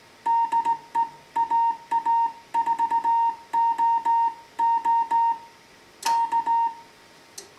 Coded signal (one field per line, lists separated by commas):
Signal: Morse code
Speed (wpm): 17 wpm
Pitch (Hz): 920 Hz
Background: music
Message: DE AA4OO K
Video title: Morse Code QSO using an old Heathkit HW-101 Transceiver